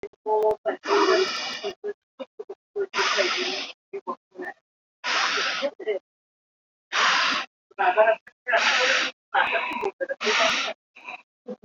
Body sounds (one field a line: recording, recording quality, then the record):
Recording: deep breathing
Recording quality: moderate, slight background noise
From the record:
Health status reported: recovered from COVID-19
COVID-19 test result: positive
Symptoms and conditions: none ticked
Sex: female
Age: 50 years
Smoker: not ticked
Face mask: worn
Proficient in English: yes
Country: India